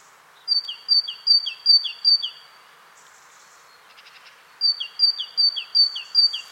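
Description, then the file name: Great tit song: two-note phrases, a high clear note dropping to a lower one, repeated five times, a pause, then a second run of about five pairs. "Parus major"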